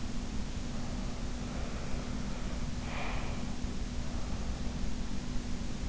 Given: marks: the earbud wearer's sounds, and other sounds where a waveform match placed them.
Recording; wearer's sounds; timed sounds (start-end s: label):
sounds in sleep by an in-ear microphone; breath
1.48-3.59 s: breath